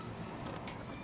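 A rider refits a motorcycle seat, pushing the back down toward its rear seat latch, with light handling noise over a steady background and a faint high tone. A brief broadband burst comes at about 0.7 s, but the seat has not latched or clicked home yet by the end of the clip.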